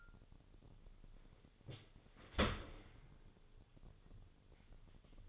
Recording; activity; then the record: daily activity, microphone in the room; open dishwasher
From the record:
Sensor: 4